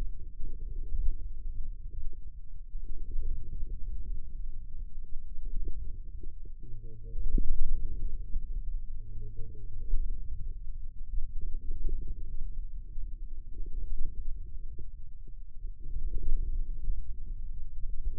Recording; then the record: forearm muscle sounds (acoustic myography)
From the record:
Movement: wrist flexion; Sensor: system 2, bracelet of six BSWA MPA416 microphones around the upper forearm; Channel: 6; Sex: male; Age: 22 years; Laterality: right